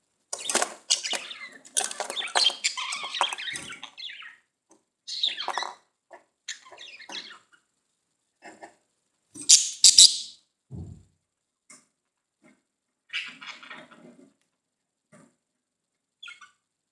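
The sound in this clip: Budgerigar calls, scratchy chirps and squawks in irregular bursts, busiest in the first four seconds, then scattered short phrases with gaps of silence.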